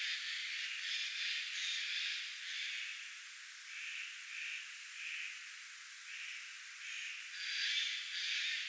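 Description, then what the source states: Spotted Nutcracker grating, noisy calls in short repeated bursts, louder at the beginning and end. Spotted Nutcracker and a Eurasian jay squawking at the same time; recorded on 1 September 2026.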